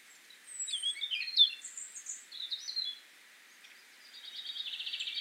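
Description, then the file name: Eurasian blackcap song: a mellow warbled phrase with a high whistle, a brief pause, then a rapid, buzzy trill rising in loudness at the end. "Sylvia atricapilla"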